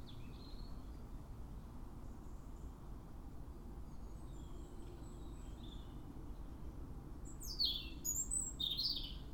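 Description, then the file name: European robin heard faintly at first, then a brief burst of sharp, high twittering notes near the end, steady low rumble throughout. "Erithacus rubecula"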